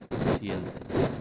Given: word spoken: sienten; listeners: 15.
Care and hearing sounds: one Spanish word in noise, from a listening test; noise modulated by one talker; -9.5 dB; 0 of 15; 6 of 15; 0.82 s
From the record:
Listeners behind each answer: 6, 5, 2, 1, 1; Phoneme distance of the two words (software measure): 7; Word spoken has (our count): 2 syllables, 7 phonemes, stress on syllable 1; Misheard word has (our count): 2 syllables, 6 phonemes, stress on syllable 1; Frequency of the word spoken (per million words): 21.57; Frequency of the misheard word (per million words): 60.42

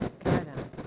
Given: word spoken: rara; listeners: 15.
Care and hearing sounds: one Spanish word in noise, from a listening test; noise modulated by one talker; -9.1 dB; 0 of 15; 10 of 15; 0.47 s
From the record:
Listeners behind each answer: 10, 2, 1, 1, 1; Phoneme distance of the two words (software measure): 17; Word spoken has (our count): 2 syllables, 4 phonemes, stress on syllable 1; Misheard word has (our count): 2 syllables, 5 phonemes, stress on syllable 1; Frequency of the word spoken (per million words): 21.94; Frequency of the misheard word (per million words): 82.55

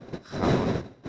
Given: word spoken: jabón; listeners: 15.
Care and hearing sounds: one Spanish word in noise, from a listening test; noise modulated by one talker; -7.1 dB; 5 of 15; 9 of 15; 0.69 s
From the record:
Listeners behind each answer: 9, 5, 1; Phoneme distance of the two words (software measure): 10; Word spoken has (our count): 2 syllables, 5 phonemes, stress on syllable 2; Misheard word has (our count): 2 syllables, 5 phonemes, stress on syllable 2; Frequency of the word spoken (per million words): 7.89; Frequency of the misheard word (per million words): 11.14

